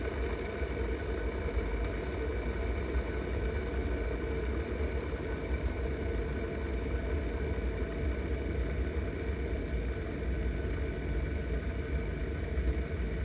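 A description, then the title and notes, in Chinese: Water bubbles continuously in a steady, dense, low churning rumble that keeps the same level for the whole stretch. A faint constant hum with a few thin steady tones sits above it, and no separate events stand out. 100度。水在 吐 泡泡。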